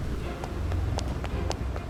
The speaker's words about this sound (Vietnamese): Xác quỷ xuất hiện, nó tăng tốc chạy ầm ầm phía sau. Tiếng bước chân trần nện trên sàn nhà lợp cợp.